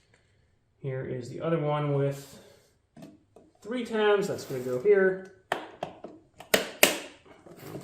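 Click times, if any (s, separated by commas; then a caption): 6.5 s, 6.8 s. Someone talks while a plastic part with three tabs is pressed into the body of a Peg Perego John Deere Ground Loader ride-on toy tractor, with a few light taps as it is pushed. Loud clicks come at 6.5 s and 6.8 s as the part seats in place.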